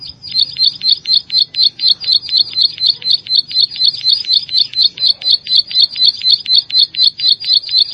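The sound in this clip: Plain Prinia delivering a steady, fast train of high clipped notes at roughly four per second, continuous and evenly spaced throughout.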